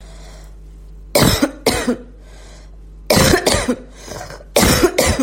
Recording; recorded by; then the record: voluntary cough; messaging app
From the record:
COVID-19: negative